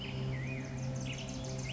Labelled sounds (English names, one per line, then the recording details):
Black-headed Grosbeak
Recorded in Sonoma County, California